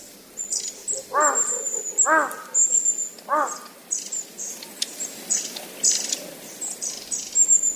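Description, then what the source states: Long-tailed tit calls: high thin notes and buzzy trills throughout, while three louder, lower, harsh, arching calls from another bird sound in the first few seconds. Recorded at Uchiurayama Prefectural Forest, Kamogawa, Chiba Prefecture, Japan.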